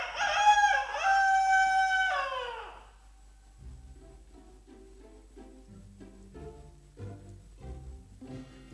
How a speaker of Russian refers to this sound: Окошком снова прокричал петух, фитилек пеньковый вздрогнул и потух.